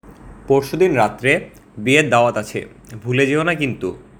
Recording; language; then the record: elicited speech; Bengali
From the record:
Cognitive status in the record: cognitively healthy